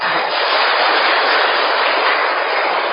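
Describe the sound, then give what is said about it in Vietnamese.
An audience at a Buddhist dharma talk claps in reverence to a venerable monk, a steady, dense round of applause that stays loud and even for about three seconds, with no voices over it. “Cái tràng pháo tay này xin con chúng con cung kính cúng dường tôn giả đó, cho bây giờ gửi lại cho ngài chứng thánh mà con cũng mừng muốn chết luôn.”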